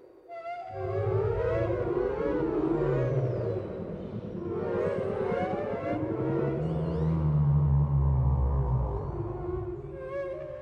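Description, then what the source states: Whale chorus of drawn-out low moans and a few high swooping whistles, overlapping above a continuous harmonic hum. Chorus of several whales.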